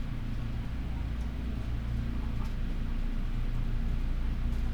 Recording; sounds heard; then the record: poultry house recording; healthy chickens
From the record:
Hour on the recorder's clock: 12